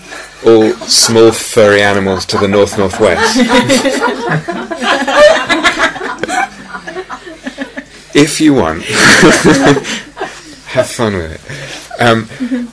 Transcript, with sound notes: all small furry animals to the north-north-west... [laughter] If you want. Have fun with it.